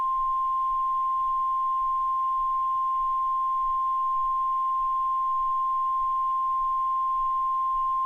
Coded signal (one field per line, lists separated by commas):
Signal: Emergency Alert System (SAME) tones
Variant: 1050 Hz attention tone